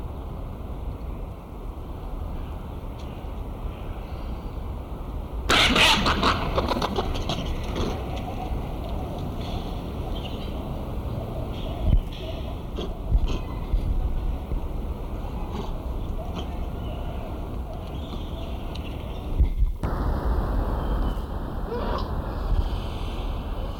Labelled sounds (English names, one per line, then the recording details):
Japanese Macaque call
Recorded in captivity
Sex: diverse
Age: diverse
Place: Zoo Berlin, Berlin, DE
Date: 1996-01-06 12:52
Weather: bedeckt, -4°C
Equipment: Sony WM-D6C, Sennheiser ME 80, Kopie Uher 4000 Report Monitor
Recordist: Tembrock, Günter